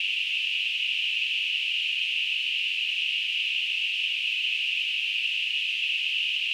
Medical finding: Tinnitus.